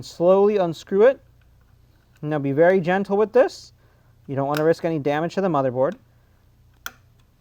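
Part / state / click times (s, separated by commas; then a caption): captive screw in a CPU socket loading mechanism on a motherboard / released / 6.9 s. Someone talks while a captive Torx screw holding the CPU socket loading mechanism on a motherboard is slowly unscrewed. A single sharp click at 6.9 s shows the screw is fully backed out and the mechanism is released.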